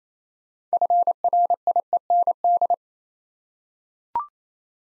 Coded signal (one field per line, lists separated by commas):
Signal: Morse code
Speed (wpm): 27 wpm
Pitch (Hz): 700 Hz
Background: none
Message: FRIEND